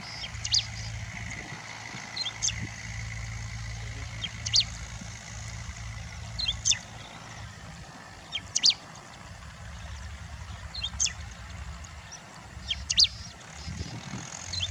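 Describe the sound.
Bristled grassbird calling: short, sharp high notes repeated at fairly even intervals, some doubled, over steady low rumbling noise and a faint high hiss.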